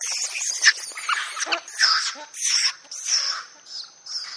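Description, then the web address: Monkey chattering in a rapid series of high, squeaky and shrill notes that overlap and vary in pitch, continuing for about four seconds. "Partners In Rhyme Monkey"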